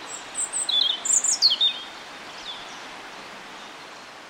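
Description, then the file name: European robin singing a short phrase of thin, high, tumbling notes, some sliding downward, followed by a faint hiss of background. "Erithacus rubecula"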